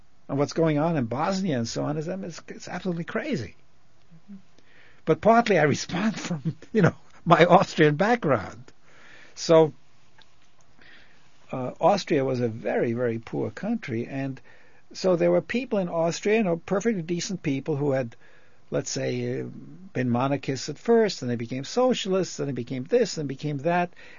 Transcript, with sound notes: And what's going on in Bosnia and so on is absolutely crazy. But partly I respond from () ( he laughs ) you know, my Austrian background. So Austria was a very, very poor country, and so there were people in Austria, you know, perfectly decent people who had, let's say, been monarchists at first, and they became socialists, and then they became this and became that.